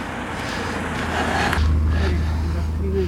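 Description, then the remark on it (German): An Alfa Romeo car drives past, its steady low engine rumble swelling and thickening about halfway through over a broad wash of road noise, with faint talking mixed in. “Jetzt kommt ein Auto.”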